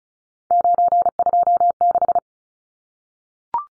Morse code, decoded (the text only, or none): 926